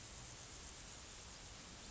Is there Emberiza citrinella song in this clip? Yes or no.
no